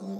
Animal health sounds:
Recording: pig call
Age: piglet (1 to 25 days)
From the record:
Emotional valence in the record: negative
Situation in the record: short isolation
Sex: female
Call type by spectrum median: low-frequency call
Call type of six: low-frequency modulated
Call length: 0.20 s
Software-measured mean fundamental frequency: 49 Hz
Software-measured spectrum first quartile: 196 Hz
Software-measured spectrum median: 268 Hz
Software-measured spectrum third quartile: 573 Hz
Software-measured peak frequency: 205 Hz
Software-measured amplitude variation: 58 dB a second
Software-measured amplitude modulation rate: 17.3 a second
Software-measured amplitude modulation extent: 3.4 dB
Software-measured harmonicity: 7.1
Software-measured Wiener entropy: -0.46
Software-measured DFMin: 1335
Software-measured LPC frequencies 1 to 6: 3669, 5329, 6354, 7642, 8674, 10915 Hz

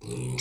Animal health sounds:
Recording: pig call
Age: weaner (32 to 43 days)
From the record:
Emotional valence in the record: negative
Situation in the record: novel object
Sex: female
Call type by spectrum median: low-frequency call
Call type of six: mixed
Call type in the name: high-frequency modulated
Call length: 0.42 s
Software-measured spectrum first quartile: 192 Hz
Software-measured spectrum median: 1226 Hz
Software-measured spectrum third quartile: 5217 Hz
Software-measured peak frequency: 403 Hz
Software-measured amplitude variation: 113 dB a second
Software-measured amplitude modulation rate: 24.0 a second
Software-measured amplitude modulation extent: 4.7 dB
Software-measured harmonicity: 12.1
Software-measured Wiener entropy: -4.15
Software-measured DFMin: 992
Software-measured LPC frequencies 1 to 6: 2229, 4152, 5573, 6282, 7574, 8888 Hz

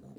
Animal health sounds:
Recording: pig call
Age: piglet (1 to 25 days)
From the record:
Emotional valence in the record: negative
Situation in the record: short isolation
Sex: female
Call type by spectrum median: low-frequency call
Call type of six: low-frequency stable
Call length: 0.19 s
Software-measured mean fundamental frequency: 49 Hz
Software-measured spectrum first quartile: 179 Hz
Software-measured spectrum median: 274 Hz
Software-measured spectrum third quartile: 500 Hz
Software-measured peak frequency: 209 Hz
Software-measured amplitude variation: 139 dB a second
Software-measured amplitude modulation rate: 26.0 a second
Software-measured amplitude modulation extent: 5.4 dB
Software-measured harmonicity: 2.1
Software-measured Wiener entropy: 0.32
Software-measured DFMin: 1232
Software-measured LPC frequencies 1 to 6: 2866, 3930, 6089, 6951, 8690, 9391 Hz

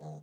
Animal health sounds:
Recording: pig call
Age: piglet (1 to 25 days)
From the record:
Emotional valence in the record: negative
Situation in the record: long isolation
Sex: female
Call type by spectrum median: low-frequency call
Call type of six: low-frequency stable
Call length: 0.23 s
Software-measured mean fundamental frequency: 51 Hz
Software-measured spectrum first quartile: 154 Hz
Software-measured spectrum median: 283 Hz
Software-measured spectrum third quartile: 657 Hz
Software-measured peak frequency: 681 Hz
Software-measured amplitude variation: 71 dB a second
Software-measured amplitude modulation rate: 6.5 a second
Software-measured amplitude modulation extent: 10.8 dB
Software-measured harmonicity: 4.5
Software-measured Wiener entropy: -0.42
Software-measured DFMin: 1554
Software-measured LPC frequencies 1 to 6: 698, 4100, 6145, 6617, 8430, 10507 Hz

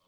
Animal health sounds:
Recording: pig call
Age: piglet (1 to 25 days)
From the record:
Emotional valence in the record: positive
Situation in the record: reunion after long isolation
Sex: male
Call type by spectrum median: low-frequency call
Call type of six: low-frequency tonal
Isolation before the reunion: 8 minutes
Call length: 0.08 s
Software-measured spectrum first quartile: 728 Hz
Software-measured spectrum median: 1994 Hz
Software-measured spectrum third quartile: 5418 Hz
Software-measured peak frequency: 1101 Hz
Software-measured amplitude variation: 23 dB a second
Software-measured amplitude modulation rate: 6.2 a second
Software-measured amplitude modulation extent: 3.7 dB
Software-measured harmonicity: 0.5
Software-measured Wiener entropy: -1.41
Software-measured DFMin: 516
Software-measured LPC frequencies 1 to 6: 610, 1094, 2410, 3177, 4489, 5883 Hz

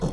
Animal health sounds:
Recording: pig call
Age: piglet (1 to 25 days)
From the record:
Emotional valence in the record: negative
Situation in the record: castration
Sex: male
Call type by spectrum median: low-frequency call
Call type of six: low-frequency stable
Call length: 0.13 s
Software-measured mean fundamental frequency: 51 Hz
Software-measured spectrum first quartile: 143 Hz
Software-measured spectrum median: 273 Hz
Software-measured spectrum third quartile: 662 Hz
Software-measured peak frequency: 167 Hz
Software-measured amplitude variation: 123 dB a second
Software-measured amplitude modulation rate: 19.8 a second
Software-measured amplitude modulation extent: 6.2 dB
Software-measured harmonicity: -1.2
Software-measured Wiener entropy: -0.68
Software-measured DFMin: 1076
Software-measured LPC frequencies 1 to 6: 3426, 4286, 5414, 6212, 7796, 9437 Hz

